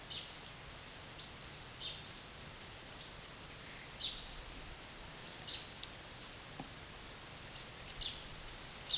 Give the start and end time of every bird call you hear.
[0.01, 0.37] bird call
[1.75, 2.13] bird call
[3.94, 4.23] bird call
[5.34, 5.81] bird call
[7.87, 8.23] bird call

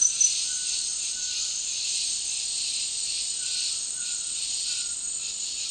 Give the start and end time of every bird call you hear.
[0.00, 1.55] bird call

